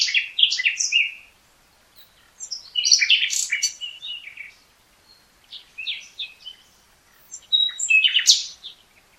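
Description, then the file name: Common nightingale delivering several dense phrases of chattering notes, trills and high whistles, each lasting over a second with short silences between. "Luscinia megarhynchos"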